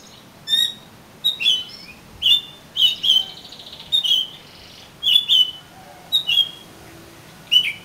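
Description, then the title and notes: Oriental magpie-robin song with mellow whistled notes and short warbles in spaced phrases. "suara kacer. kumpulan suara burung kacer"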